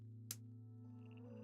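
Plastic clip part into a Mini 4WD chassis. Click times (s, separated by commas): 0.3 s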